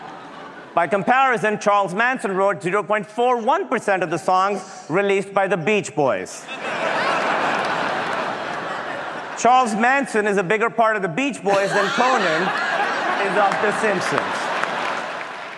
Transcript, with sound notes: By comparison, Charles Manson wrote 0.41% of the songs released by The Beach Boys.
(LAUGHTER)
Charles Manson is a bigger part of The Beach Boys than Conan is of "The Simpsons."